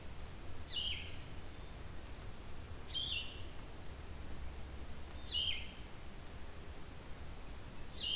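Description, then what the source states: Blue-winged Warbler song: a high buzz dropping to a lower buzzy note, with a few shorter separate notes before and after, over constant low background noise. Not singing frequently at the time.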